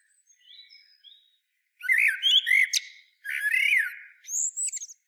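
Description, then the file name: Common blackbird calling in loud scratchy, chattering bursts mixed with short rising whistled notes, after a quiet start with faint high tones. "Turdus merula"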